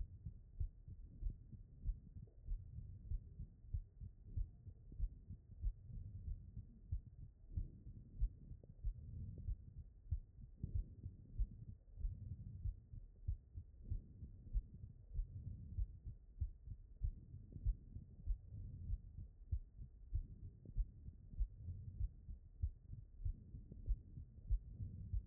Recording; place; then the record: heart sounds by stethoscope; aortic valve (AV)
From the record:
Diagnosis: non-HFrEF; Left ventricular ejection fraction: 66%